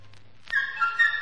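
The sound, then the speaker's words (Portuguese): Sasha, a little bird, chirping: a bright, high-pitched warbling phrase that bursts in after a brief quiet moment and flutters up and down in quick notes over a soft low hum. “Aqui está Sasha, o passarinho de que falamos há pouco.”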